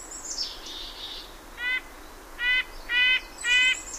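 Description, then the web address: Red-breasted nuthatch: four nasal, tinny notes repeated about twice a second, after thin high chirps from another bird. "Know Your Bird Sounds Common Western Species. Red-breasted Nuthatch"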